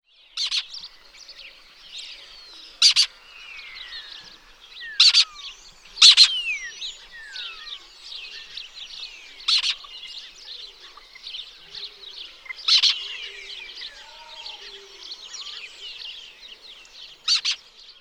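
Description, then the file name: Lesser kestrel calls, a busy mix of short high chattering notes and slurred whistles, with several loud sharp clicks scattered through. "Falco naumanii"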